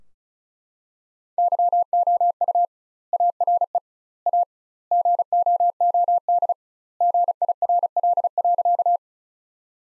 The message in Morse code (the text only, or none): YOU ARE A GOOD GIRL.